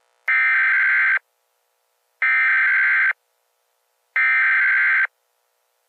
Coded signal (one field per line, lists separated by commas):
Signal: Emergency Alert System (SAME) tones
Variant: header bursts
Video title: EAS Scenario: "The Wormhole"